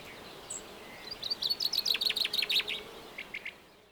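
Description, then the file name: Common chaffinch singing one short, quick series of bright notes, followed by a few scattered softer notes. "Fringilla coelebs"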